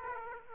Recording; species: mosquito wingbeat signal from an infrared sensor; Aedes aegypti